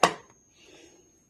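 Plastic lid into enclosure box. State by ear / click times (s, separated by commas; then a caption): seated / 0.0 s. The plastic lid of a small plastic enclosure box holding the wiring for an AASHAPOWER NOVA 50 solar controller is pressed shut. A single sharp knock at 0.0 s snaps it closed, followed by a faint, low rustle and a steady, thin high-pitched tone. The lid is seated and the box is closed with all the wiring inside.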